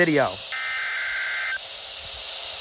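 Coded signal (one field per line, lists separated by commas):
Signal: Emergency Alert System (SAME) tones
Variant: header bursts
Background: speech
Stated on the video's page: Severe thunderstorm warning on weather radio station KHB38 and FM station WLRB-FM.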